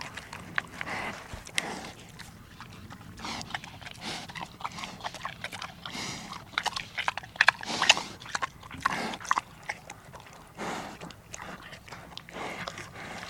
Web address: Tom Hutchings Pig Eating and Snuffling